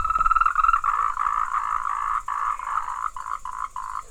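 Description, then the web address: Frog giving a buzzy pulsed croak in quick succession, the pulses slowing and separating into short distinct notes toward the end. "Frogs World"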